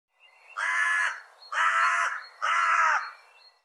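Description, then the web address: Bird giving three harsh, nasal cawing calls, each about half a second long with a short pause between, on a clean quiet background. "birddata Deverinetal 2025 Bird Co Co Co Co"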